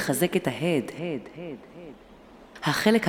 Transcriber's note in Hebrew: סאונד של הד